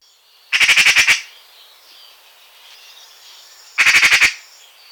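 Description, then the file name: Eurasian magpie giving two harsh rattling chatters, each a fast burst of about six grating notes, separated by a pause of a few seconds. "pie Bavarde"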